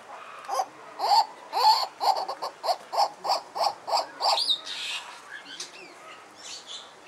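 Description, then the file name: Turaco giving a run of harsh, evenly spaced barking notes, about ten in a row, followed by a few higher squeaky sounds and a quiet background. "singing bird turaco"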